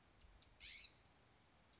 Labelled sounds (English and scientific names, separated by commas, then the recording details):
California Scrub-Jay (Aphelocoma californica)
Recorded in Sonoma County, California